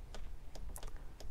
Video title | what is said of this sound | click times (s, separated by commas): Maintenance made easy - Topeak Torq Stick Review feat. Compact + 5 Bits Holder + 2-10 Nm Range | can see nice solid click. | 0.8 s